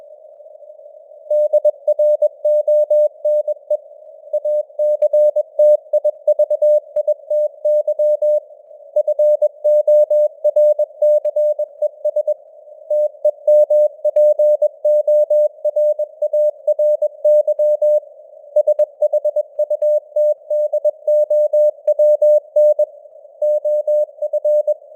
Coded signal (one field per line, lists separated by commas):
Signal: Morse code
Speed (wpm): 21 wpm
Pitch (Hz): 600 Hz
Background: none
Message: DRONE ACTIVITY FORCES TEMPORARY SHUTDOWN OF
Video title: Morse Code News | 2025-11-05 | 21wpm